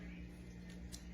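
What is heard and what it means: The auger of a Rilara cold press slow masticating juicer is handled and pushed down into the juicing chamber onto the drive. A low steady hum runs underneath, and a brief sharp tick comes at 0.9 s. Nothing has seated or clicked yet.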